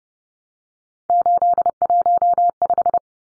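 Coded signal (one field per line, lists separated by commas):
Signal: Morse code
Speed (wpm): 30 wpm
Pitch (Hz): 700 Hz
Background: none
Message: 815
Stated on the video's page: Head-copy drill of three-digit numbers sent in Morse at 30 wpm, each number sent, then spoken, then sent again.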